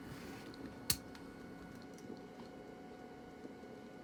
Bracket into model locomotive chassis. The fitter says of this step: got an angle the one way and I just click that that way and it just snapped right in all